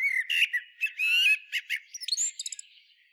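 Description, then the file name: Common blackbird singing one phrase of mellow whistled warbles that breaks into a rapid, high, scratchy twitter at the end. "Turdus merula"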